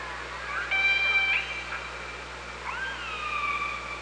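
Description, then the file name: Killer whale calls: a flat, steady harmonic tone, then after a pause a rising call that levels off into a long held note, over low background hum. OrcaLab hydrophone at Parson Island, 24 August 2017, 15:35. "Orca Lab UTLN JASON 20170824 153516 h 3 PI ORCALABDYNI"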